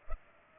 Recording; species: mosquito wingbeat signal from an infrared sensor; Culex pipiens